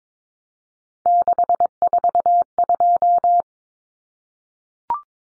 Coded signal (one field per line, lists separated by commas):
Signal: Morse code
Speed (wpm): 22 wpm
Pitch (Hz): 700 Hz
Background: none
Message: 642